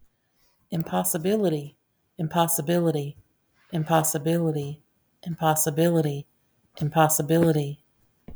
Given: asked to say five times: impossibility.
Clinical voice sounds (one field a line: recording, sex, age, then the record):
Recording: repeated word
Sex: female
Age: 40 to 49 years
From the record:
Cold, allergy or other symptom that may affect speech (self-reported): no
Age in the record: 47 years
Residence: North Carolina, United States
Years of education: 15